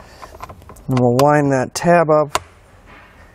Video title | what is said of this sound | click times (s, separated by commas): etrailer - DIY 2018 Chevrolet Colorado Installation for the PTC Custom Fit Cabin Air Filter | rotate it up to the arms click in place, | 0.2 s, 0.4 s